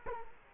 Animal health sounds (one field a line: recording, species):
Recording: mosquito wingbeat signal from an infrared sensor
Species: Culex quinquefasciatus